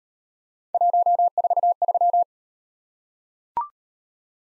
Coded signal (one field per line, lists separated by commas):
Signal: Morse code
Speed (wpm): 38 wpm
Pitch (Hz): 700 Hz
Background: none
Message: 143